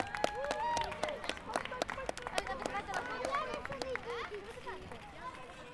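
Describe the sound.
An audience at an open mic applauds as a poet is called to the stage, with brisk, steady clapping, mixed with cheering voices and chatter, holding fairly loud for several seconds before easing off slightly at the end.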